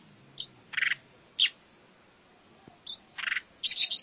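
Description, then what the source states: Long-tailed shrike song in scattered harsh bursts and squeaky chirps separated by pauses of up to a second and a half, with a faint hiss behind. Song in the combination (kombinasi) style of mixed mimicry, used for training.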